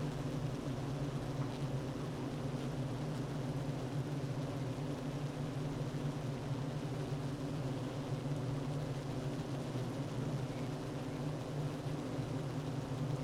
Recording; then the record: honeybee colony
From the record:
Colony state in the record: active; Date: 12 June 2018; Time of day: 9:40